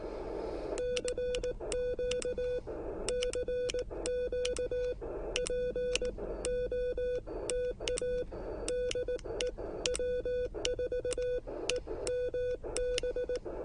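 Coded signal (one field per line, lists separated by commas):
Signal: Morse code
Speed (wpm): 18 wpm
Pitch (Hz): 500 Hz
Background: radio noise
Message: CQ CQ POTA DE W4EMB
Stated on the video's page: CW parks activation with short contacts, using an Elecraft KX1 and Penntek TR45L.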